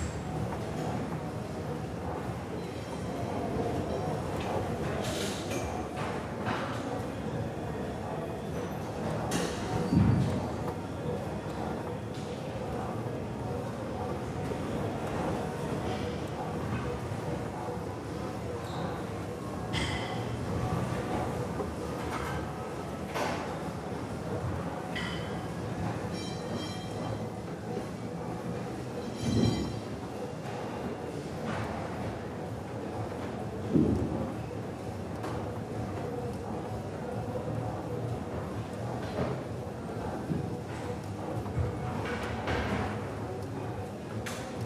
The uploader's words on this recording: Iron Beats and Treadmill Rythm - Energizing and Soothing Ambiance of a Gym. Weight clinks and treadmill swooshes create a unique ambience, offering a sense of calm amidst the hustle.